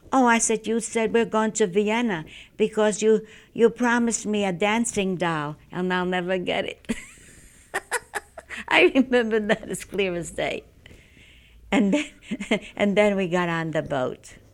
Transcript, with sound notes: "Oh", I said, "you said we were going to Vienna, because you promised me a dancing doll, and I'll never get it." (she laughs) I remember that as clear as day. And then, and then we got on the boat.